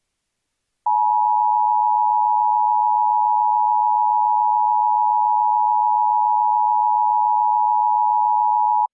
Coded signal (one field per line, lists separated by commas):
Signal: Emergency Alert System (SAME) tones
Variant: 853 and 960 Hz attention tone